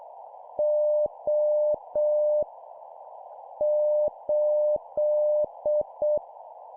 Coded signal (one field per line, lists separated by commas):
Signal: Morse code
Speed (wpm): 6 wpm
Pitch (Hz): 600 Hz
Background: none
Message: O 8